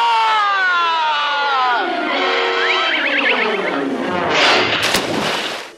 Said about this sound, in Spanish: Dueños del barco, los niños se pusieron a gritar vivas a su nuevo capitán.